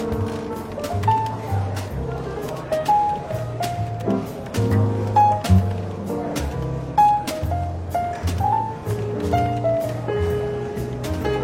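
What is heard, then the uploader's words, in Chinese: Soft, relaxed jazz plays over the light bustle of a London bookshop café. A steady walking bass and gentle chords run throughout, with brief bright melodic notes every second or two, while murmured talk and occasional clicks and taps sit underneath. 伦敦书店咖啡馆轻微喧闹氛围与柔和轻松的爵士背景音乐。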